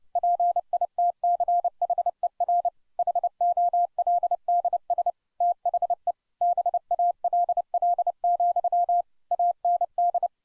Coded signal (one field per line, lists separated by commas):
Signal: Morse code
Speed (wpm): 30 wpm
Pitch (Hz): 700 Hz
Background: none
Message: PITCHER HOLDS THE BALL, AND